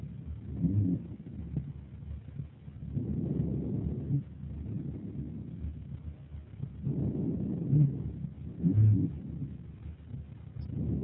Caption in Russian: Пациента, страдающего фиброзно-кавернозным туберкулезом легких. Справа. Над симметричным участком грудной клетки, в зоне проекции крупной туберкулезной каверны, отчетливо выслушивается амфорическое дыхание.